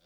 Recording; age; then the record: pig call; piglet (1 to 25 days)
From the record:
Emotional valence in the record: positive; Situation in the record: short reunion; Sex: male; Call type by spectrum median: low-frequency call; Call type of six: low-frequency tonal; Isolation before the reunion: 3 minutes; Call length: 0.06 s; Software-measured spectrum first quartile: 541 Hz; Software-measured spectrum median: 2304 Hz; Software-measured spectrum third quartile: 4506 Hz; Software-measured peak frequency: 530 Hz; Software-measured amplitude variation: 20 dB a second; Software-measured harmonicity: 1.2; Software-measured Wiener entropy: -1.01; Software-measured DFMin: 709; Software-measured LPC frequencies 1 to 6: 580, 1472, 2633, 3512, 4676, 5455 Hz